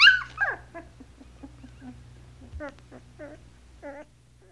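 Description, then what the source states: Dog: puppy giving a sharp squealing yelp, then soft low whimpers and a few short, quavering cries spaced under a second apart. A puppy crying.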